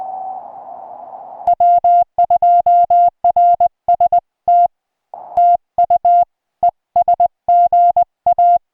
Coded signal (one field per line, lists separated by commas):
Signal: Morse code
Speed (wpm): 20 wpm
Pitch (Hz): 690 Hz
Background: music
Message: W2RST TU ES GA